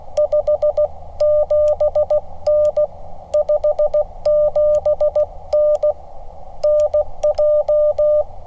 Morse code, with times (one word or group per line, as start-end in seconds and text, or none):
0.2-2.9 57N
3.3-5.9 57N
6.6-8.2 NJ